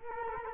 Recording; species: mosquito wingbeat signal from an infrared sensor; Culex quinquefasciatus